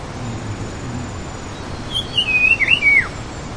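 Sikkim wedge-billed babbler giving one warbled whistle that wavers up and down, then slides downward, over a steady low background rumble.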